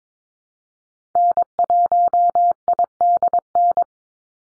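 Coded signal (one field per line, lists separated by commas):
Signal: Morse code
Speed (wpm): 22 wpm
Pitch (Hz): 700 Hz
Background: none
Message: N1IDN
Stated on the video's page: Computer-generated Morse drill of common North American SOTA activator callsigns at 22 wpm; each sent, spoken, then sent again.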